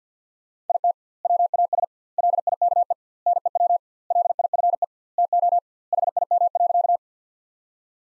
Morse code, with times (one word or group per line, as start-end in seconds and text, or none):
0.7-0.9 IT
1.2-1.8 WAS
2.2-2.9 LIKE
3.3-3.8 NEW
4.1-4.8 LIFE
5.2-5.6 TO
5.9-7.0 HIM.